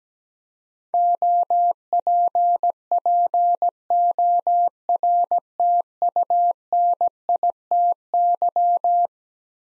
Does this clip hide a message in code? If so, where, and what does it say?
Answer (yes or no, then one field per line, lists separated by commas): yes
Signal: Morse code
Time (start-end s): 0.9-9.1 s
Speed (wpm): 17 wpm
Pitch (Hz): 700 Hz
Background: none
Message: OPPORTUNITY